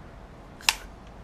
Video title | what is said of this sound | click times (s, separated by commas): Tiberius T8.1 With 2 Co2 in the Gun Shooting | the gun is cast obviously hear that click ok | 0.7 s